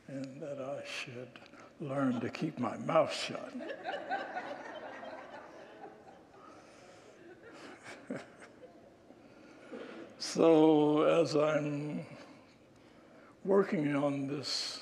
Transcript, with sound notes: and that I should learn to keep my mouth shut. [Congregants laugh] So, as I’m working on this